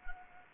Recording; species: mosquito wingbeat signal from an infrared sensor; Anopheles gambiae